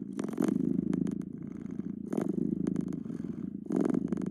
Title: CAT PURRING